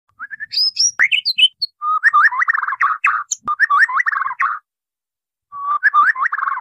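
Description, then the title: White-rumped shama song of rich whistles and fast repeated rolling phrases, paused briefly before the rolling pattern resumes. Training song used to teach caged birds to sing. "MURAI BATU LABAIK"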